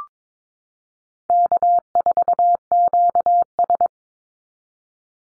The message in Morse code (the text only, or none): K4QS